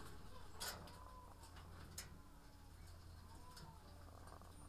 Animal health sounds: poultry house recording; sick chickens (respiratory disease)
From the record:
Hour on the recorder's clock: 18

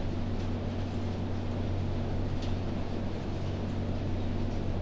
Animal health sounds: poultry house recording; no chicken sound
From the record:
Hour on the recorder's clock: 21

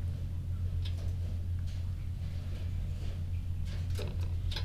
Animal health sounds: poultry house recording; no chicken sound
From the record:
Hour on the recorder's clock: 2

